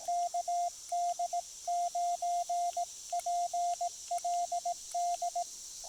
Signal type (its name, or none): Morse code